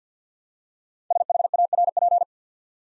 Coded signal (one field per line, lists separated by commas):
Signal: Morse code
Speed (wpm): 54 wpm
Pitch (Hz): 700 Hz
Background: none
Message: SHARP